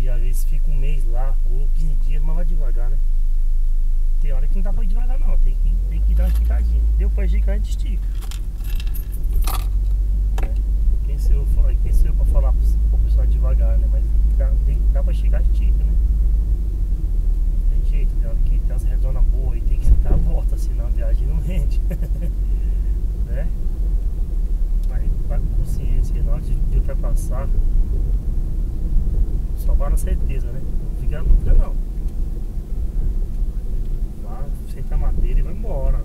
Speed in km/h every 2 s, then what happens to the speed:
0, 0, 0, 16, 22, 26, 30, 32, 34, 34, 36, 40, 41, 43, 43, 43, 42, 43.
0-4 standing. 4-25 pulls away to 43. 25-36 steady at about 43.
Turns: none.